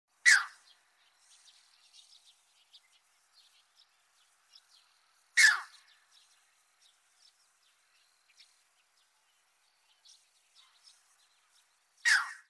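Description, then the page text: Striated heron giving three short, harsh single calls several seconds apart, with faint scattered chirps between them. "ササゴイ｜日本の鳥百科｜サントリーの愛鳥活動"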